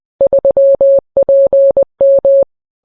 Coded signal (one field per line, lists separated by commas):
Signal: Morse code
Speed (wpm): 20 wpm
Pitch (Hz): 550 Hz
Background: none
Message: 3PM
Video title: NWS Radio Morse code